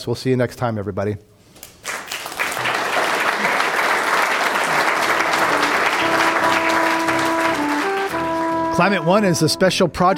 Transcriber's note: applause